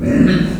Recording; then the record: squeal of a Yucatan mini pig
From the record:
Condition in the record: after surgery on the right vocal fold (resection and tissue-engineered implant); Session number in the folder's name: 6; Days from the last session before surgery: 40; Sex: female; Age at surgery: 19 weeks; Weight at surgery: 25 kg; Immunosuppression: prednisolone